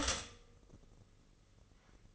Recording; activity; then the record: daily activity, microphone in the room; stop toaster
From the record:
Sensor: 4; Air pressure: 996.0 hPa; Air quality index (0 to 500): 67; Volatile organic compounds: 2 ppm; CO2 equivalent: 1213 ppm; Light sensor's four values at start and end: 12/29/12/13 and 13/33/13/14